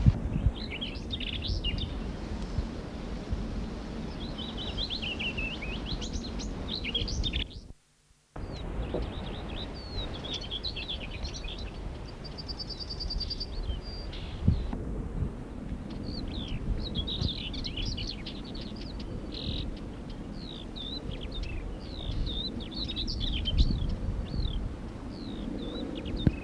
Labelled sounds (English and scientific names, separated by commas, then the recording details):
Common Whitethroat (Sylvia communis) song
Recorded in the wild
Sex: diverse
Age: diverse
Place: Steinhuder Meer, Niedersachsen, DE
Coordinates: 52.4734, 9.33772
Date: 1983-07-16
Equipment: Halbspur, 9,5 cm/s
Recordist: Lütgens, Hans